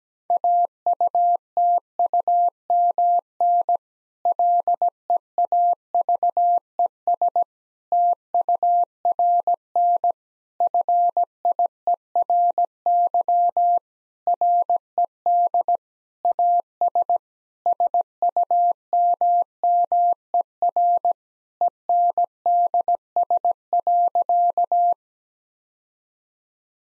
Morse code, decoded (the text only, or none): AUTUMN LEAVES TURN FIERY RED AS SUMMER ENDS.